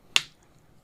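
A spudger is twisted along the edge of a laptop's plastic bottom cover to pry it off. One of the cover's plastic clips unsnaps from the chassis with a single sharp, bright click at 0.2 seconds, and the sound fades quickly into quiet. The plastic fingers pop out and the clip is released.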